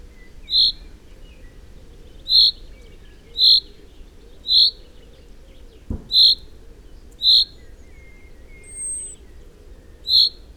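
Common chaffinch repeating a short high call note about once a second, with a longer pause near the end; a single click and a faint thin whistle are also heard.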